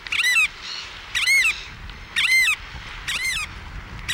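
Variable oystercatcher calling with harsh, penetrating piping notes, several strong repeated calls about once a second, each arched and rich in overtones.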